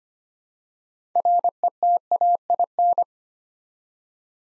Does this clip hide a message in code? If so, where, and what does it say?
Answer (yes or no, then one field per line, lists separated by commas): yes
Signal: Morse code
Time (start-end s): 1.2-3.0 s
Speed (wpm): 25 wpm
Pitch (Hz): 700 Hz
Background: none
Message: RETAIN